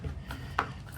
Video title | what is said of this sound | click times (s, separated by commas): Supra Converted to C8 Corvette - Traxxas 4-TEC RC | Boom. Boom. There we go. Snapped in place. | 0.6 s